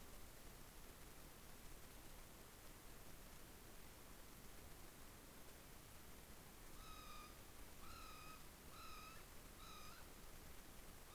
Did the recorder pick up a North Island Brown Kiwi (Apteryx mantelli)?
no